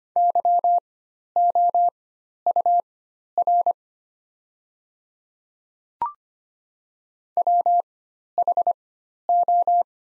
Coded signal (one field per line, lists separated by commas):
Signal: Morse code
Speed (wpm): 25 wpm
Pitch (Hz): 700 Hz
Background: none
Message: YOUR WHO